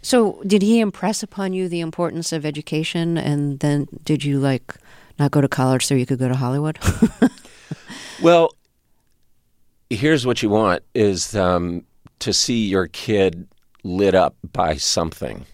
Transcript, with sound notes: So did he impress upon you the importance of education, and then did you, like, not go to college so you could go to Hollywood?
(LAUGHTER) Well, here's what you want - is to see your kid lit up by something.